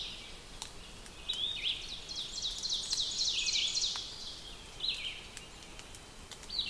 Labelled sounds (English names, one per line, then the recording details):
Ovenbird song
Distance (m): 60 m
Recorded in boreal forest in Alberta, Canada, on 5 June 2016 at 08:07
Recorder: SongMeter 3, array SBT-3-51
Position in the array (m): 244 m, 124 m
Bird 28